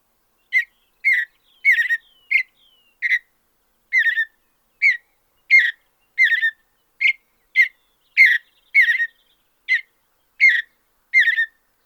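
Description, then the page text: Mountain bluebird singing a long series of many brief burry whistled notes in quick succession. "Andrew Spencer - Голубая сиалия (Sialia currucoides)"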